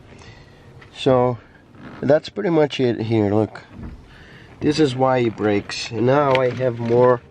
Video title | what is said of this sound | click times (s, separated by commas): More Wiring Issues on The Dodge Ram 2500 Gen 3 | you connect this guy i hear the click there we go | 0.8 s